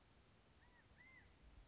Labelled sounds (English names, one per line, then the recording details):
California Quail
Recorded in Sonoma County, California